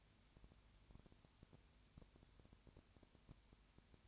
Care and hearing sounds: daily activity, microphone in the room; no activity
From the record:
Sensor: 2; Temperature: 20.4 degrees Celsius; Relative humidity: 35.6%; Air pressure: 1007.1 hPa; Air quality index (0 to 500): 122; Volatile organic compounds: 2 ppm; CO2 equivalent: 1252 ppm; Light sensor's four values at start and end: 2/3/2/2 and 2/3/2/2

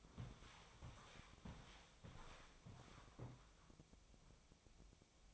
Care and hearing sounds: daily activity, microphone in the room; walk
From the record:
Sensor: 1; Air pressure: 1000.6 hPa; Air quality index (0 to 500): 172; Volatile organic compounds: 4 ppm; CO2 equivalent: 1592 ppm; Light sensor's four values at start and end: 13/30/12/14 and 13/31/13/15

